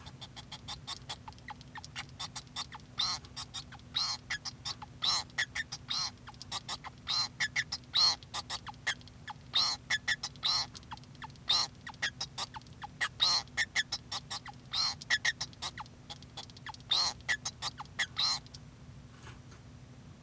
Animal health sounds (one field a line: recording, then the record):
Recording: song of a male Bengalese finch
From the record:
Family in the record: son of father 2